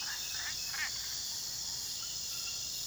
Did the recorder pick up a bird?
no